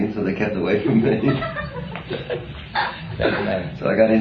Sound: laughter